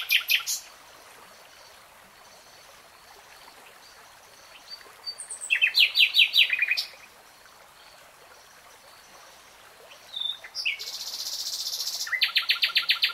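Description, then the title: Nightingale song: short bursts of rapid clicking trills separated by quiet gaps, with a dense high buzzing phrase near the end. Nightingale singing, recorded in real time. "[Tiếng chim hót] 3 Hours REALTIME Nightingale Singing"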